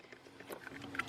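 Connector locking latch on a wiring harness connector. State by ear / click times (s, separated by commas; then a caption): seated / 1.0 s. On a 2008–2011 Ford Focus during AC evaporator core replacement, the locking latch on a plastic wiring harness connector is pushed in to secure the connector. Soft ticks and handling noises lead up to a sharp snap at 1.0 s as the latch locks into place, and the connector is seated.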